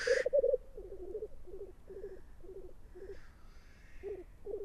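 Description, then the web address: Black grouse bubbling coos in short pulsed bursts, opening with a loud hiss and a strong nearer coo. "aanitykset Tetrix"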